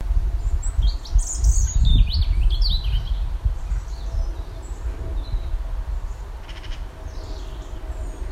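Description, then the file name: European robin singing quiet, high, tinkling and twisting phrases over a steady low rumble. "Erithacus rubecula"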